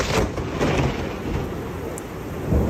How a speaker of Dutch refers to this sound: Zeeland is aan de beurt. Hagel. In het hele land was het code oranje. Code oranje is kijk uit! Het heftige weer begon vanmiddag in Zeeland. Het was een enorme wolkbreuk. Uit het niks kwam het ineens.